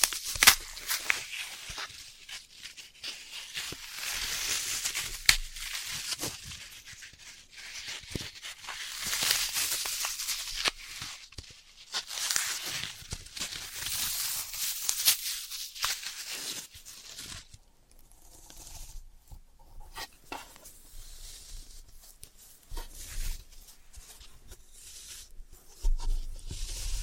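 Floral foam being handled, with crisp, bright crunching and scraping in bursts that swell and fade, loudest around the first fifteen seconds. Later the sounds thin out into quieter, sparser taps and soft crumbles, with a few sharper knocks near the end.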